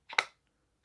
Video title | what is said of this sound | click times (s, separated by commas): Diamond Art Club First Look - Enchanted Mushroom! | but you can hear that click | 0.2 s